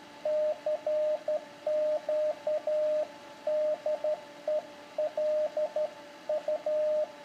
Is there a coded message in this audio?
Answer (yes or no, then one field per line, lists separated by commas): yes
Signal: Morse code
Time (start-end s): 0.3-7.0 s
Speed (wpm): 12 wpm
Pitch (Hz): 610 Hz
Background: radio noise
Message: CQ DEL U